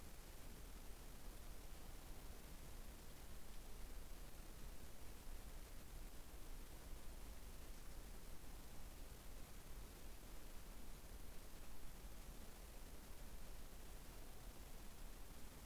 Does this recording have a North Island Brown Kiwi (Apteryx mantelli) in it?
no